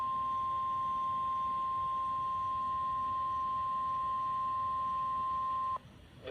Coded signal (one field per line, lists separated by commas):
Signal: Emergency Alert System (SAME) tones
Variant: 1050 Hz attention tone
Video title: A Rude Awakening - EAS Alerts from 4/3/25 || EAS 1,688-1,700